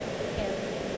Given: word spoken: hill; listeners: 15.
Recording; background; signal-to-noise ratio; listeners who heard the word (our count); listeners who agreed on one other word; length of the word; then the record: one English word in noise, from a listening test; speech-shaped noise; -5.5 dB; 4 of 15; 7 of 15; 0.57 s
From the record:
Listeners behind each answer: 7, 4, 1, 1, 1, 1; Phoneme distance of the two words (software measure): 7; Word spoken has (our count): 1 syllable, 3 phonemes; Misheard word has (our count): 1 syllable, 2 phonemes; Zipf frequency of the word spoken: 4.71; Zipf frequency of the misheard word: 4.59